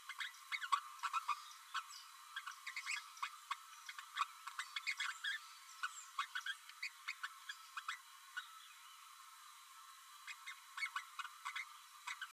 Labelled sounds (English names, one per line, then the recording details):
Green-rumped Parrotlet babbling
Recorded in a nest box in Venezuela
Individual 18B12A3